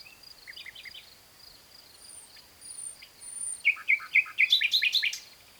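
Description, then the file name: Common nightingale singing varied short phrases: scattered chirps, then a swelling burst of fast, loud, rattling notes. Thin high whistles and a constant high hum are heard in the background. "Luscinia megarhynchos"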